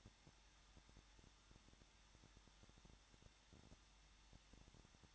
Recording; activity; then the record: daily activity, microphone in the room; no activity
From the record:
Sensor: 3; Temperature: 21.2 degrees Celsius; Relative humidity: 36.4%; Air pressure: 1006.4 hPa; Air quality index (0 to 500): 223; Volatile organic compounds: 42 ppm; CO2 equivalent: 3186 ppm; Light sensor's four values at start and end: 2/3/2/2 and 2/3/2/2